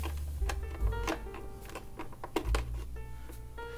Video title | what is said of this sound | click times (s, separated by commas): Mercury Joe Display Assembly Guide | so people can look inside the hatch Clips go on first they snap into place | 2.4 s, 2.5 s